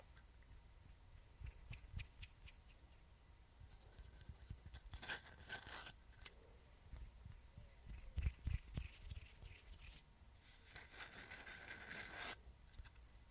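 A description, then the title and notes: Scissors and hand movements make irregular clicks and rustles, with sharp snips around 5 seconds and a longer bright scraping near 11–12 seconds. HAND MOVEMENTS, SCISSORS.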